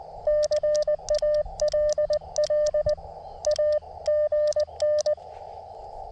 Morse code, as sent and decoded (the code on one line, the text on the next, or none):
-.-. .- .-.. .-.. / .- / --. -.
CALL A GN